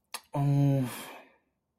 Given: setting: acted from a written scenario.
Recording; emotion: vocal sound without words; disappointment